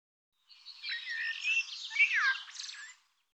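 Bird calls: a continuous jumble of harsh, squawky and chattering notes, mostly high-pitched, for about two and a half seconds.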